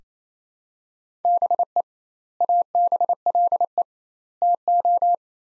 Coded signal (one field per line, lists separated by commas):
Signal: Morse code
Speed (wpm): 28 wpm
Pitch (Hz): 700 Hz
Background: none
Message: BE ABLE TO